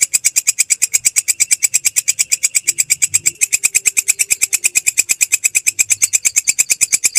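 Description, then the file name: Grasshopper call of regular, fast, dry, high-pitched pulses repeating without a break, with faint low sounds beneath. "suara belalang kecek"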